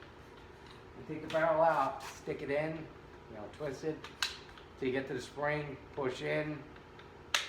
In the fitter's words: single one click if you're two clicks you went too far